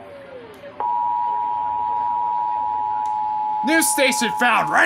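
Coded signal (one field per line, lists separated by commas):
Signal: Emergency Alert System (SAME) tones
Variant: 853 and 960 Hz attention tone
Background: speech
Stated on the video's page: Severe thunderstorm warning EAS alerts issued by the Missoula and Great Falls offices.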